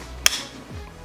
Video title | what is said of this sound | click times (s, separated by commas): Should You Buy? PurSteam 10 in 1 Steam Mop Cleaner | once you guys hear that click then it's all set so this is basically what it looks like once you guys do set it up | 0.3 s